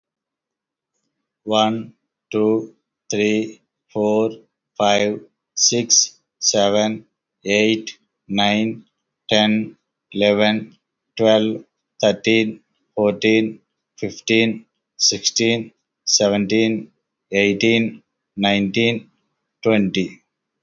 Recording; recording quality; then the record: counting at a normal pace; excellent, no background noise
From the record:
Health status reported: healthy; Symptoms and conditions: hypertension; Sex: male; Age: 48 years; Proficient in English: yes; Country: India